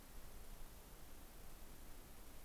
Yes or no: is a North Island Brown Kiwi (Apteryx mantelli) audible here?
no